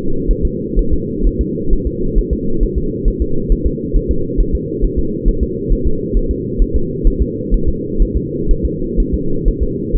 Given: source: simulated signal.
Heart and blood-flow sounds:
fetal heart sounds
0.31 s: S1
0.45 s: S2
0.79 s: S1
0.94 s: S2
1.27 s: S1
1.41 s: S2
1.73 s: S1
1.87 s: S2
2.18 s: S1
2.33 s: S2
2.63 s: S1
2.78 s: S2
3.08 s: S1
3.22 s: S2
3.52 s: S1
3.67 s: S2
3.96 s: S1
4.11 s: S2
4.41 s: S1
4.55 s: S2
4.85 s: S1
4.99 s: S2
5.28 s: S1
5.43 s: S2
5.73 s: S1
5.87 s: S2
6.17 s: S1
6.31 s: S2
6.62 s: S1
6.76 s: S2
7.07 s: S1
7.22 s: S2
7.54 s: S1
7.69 s: S2
8.02 s: S1
8.17 s: S2
8.51 s: S1
8.65 s: S2
9.00 s: S1
9.14 s: S2
9.48 s: S1
9.63 s: S2
9.96 s: S1
From the record:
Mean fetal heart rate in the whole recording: 130 bpm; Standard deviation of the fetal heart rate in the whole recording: 4 bpm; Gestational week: 38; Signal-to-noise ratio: -8.1 dB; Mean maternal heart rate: 72 bpm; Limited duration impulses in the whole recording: absent

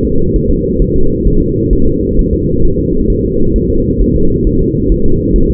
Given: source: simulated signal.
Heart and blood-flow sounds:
fetal heart sounds
0.05 s: S2
0.36 s: S1
0.50 s: S2
0.82 s: S1
0.96 s: S2
1.28 s: S1
1.42 s: S2
1.73 s: S1
1.87 s: S2
2.19 s: S1
2.33 s: S2
2.65 s: S1
2.79 s: S2
3.10 s: S1
3.24 s: S2
3.56 s: S1
3.70 s: S2
4.02 s: S1
4.16 s: S2
4.47 s: S1
4.61 s: S2
4.92 s: S1
5.06 s: S2
5.36 s: S1
5.50 s: S2
From the record:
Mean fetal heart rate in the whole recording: 135 bpm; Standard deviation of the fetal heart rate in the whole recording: 3 bpm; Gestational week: 36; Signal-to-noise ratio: -17.7 dB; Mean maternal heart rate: 72 bpm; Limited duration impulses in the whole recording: present

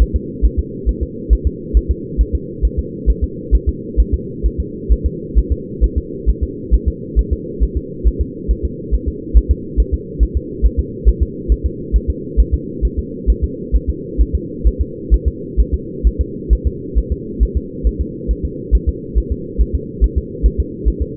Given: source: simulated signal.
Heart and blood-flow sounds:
fetal heart sounds
0.02 s: S1
0.16 s: S2
0.45 s: S1
0.59 s: S2
0.89 s: S1
1.03 s: S2
1.33 s: S1
1.47 s: S2
1.77 s: S1
1.91 s: S2
2.21 s: S1
2.35 s: S2
2.65 s: S1
2.79 s: S2
3.10 s: S1
3.24 s: S2
3.55 s: S1
3.69 s: S2
4.00 s: S1
4.14 s: S2
4.46 s: S1
4.60 s: S2
4.92 s: S1
5.06 s: S2
5.38 s: S1
5.52 s: S2
5.84 s: S1
5.98 s: S2
6.29 s: S1
6.43 s: S2
6.74 s: S1
6.88 s: S2
7.19 s: S1
7.33 s: S2
7.63 s: S1
7.77 s: S2
8.07 s: S1
8.21 s: S2
8.51 s: S1
8.65 s: S2
8.94 s: S1
9.08 s: S2
9.37 s: S1
9.51 s: S2
9.80 s: S1
9.94 s: S2
10.23 s: S1
10.37 s: S2
10.66 s: S1
10.80 s: S2
11.09 s: S1
11.22 s: S2
11.52 s: S1
11.66 s: S2
11.96 s: S1
12.10 s: S2
12.40 s: S1
12.54 s: S2
12.85 s: S1
12.99 s: S2
13.30 s: S1
13.44 s: S2
13.76 s: S1
13.89 s: S2
14.21 s: S1
14.35 s: S2
14.67 s: S1
14.81 s: S2
15.14 s: S1
15.28 s: S2
15.60 s: S1
15.74 s: S2
16.07 s: S1
16.21 s: S2
16.53 s: S1
16.67 s: S2
16.98 s: S1
17.12 s: S2
17.43 s: S1
17.57 s: S2
17.87 s: S1
18.01 s: S2
18.31 s: S1
18.45 s: S2
18.75 s: S1
18.89 s: S2
19.18 s: S1
19.32 s: S2
19.61 s: S1
19.75 s: S2
20.04 s: S1
20.18 s: S2
20.46 s: S1
20.60 s: S2
20.88 s: S1
21.02 s: S2
From the record:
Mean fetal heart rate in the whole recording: 135 bpm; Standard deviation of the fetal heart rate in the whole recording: 3 bpm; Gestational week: 34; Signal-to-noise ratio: -4.1 dB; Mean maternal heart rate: no maternal heart sound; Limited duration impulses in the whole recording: absent

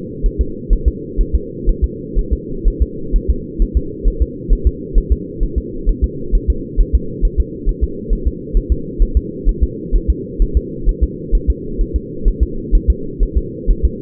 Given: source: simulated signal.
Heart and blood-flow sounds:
fetal heart sounds
0.26 s: S1
0.41 s: S2
0.73 s: S1
0.88 s: S2
1.21 s: S1
1.35 s: S2
1.69 s: S1
1.84 s: S2
2.19 s: S1
2.33 s: S2
2.68 s: S1
2.82 s: S2
3.16 s: S1
3.30 s: S2
3.62 s: S1
3.77 s: S2
4.08 s: S1
4.22 s: S2
4.53 s: S1
4.67 s: S2
4.98 s: S1
5.12 s: S2
5.43 s: S1
5.58 s: S2
5.89 s: S1
6.04 s: S2
6.35 s: S1
6.50 s: S2
6.81 s: S1
6.95 s: S2
7.25 s: S1
7.40 s: S2
7.69 s: S1
7.84 s: S2
8.13 s: S1
8.27 s: S2
8.57 s: S1
8.72 s: S2
9.03 s: S1
9.17 s: S2
9.49 s: S1
9.63 s: S2
9.96 s: S1
10.10 s: S2
10.42 s: S1
10.57 s: S2
10.89 s: S1
11.03 s: S2
11.35 s: S1
11.50 s: S2
11.81 s: S1
11.96 s: S2
12.28 s: S1
12.43 s: S2
12.75 s: S1
12.90 s: S2
13.23 s: S1
13.38 s: S2
13.71 s: S1
13.85 s: S2
From the record:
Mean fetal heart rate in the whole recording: 130 bpm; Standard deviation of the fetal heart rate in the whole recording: 4 bpm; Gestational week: 38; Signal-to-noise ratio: -4.3 dB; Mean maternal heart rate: 72 bpm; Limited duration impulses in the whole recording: absent

